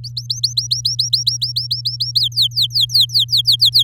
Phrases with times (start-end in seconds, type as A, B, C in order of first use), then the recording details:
0.04-2.20 A, 2.20-3.83 B. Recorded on 9 May 2018 at 13:45. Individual llb16